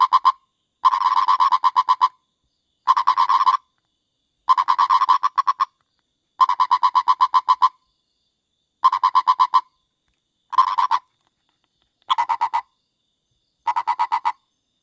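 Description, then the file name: Purple frog producing about eight bouts of quick, knocking pulse trains at roughly steady intervals, the later bouts shorter. Purple frog of India, a fossorial (burrowing) species. "Purple Frog of India (Nasikabatrachus sahyadrensis)"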